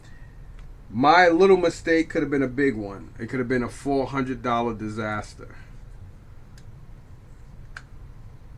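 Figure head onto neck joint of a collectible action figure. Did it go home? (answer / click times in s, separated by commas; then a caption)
yes / 7.8 s. Someone talks while the head of a Hot Toys Green Goblin collectible action figure, knocked loose when the figure fell forward, is pushed back onto its neck joint. After the talking stops, a sharp snap at 7.8 s marks the head seating back on the joint.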